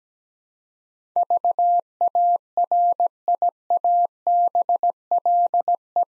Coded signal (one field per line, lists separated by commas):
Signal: Morse code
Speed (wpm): 17 wpm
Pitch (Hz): 700 Hz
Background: none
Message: VARIABLE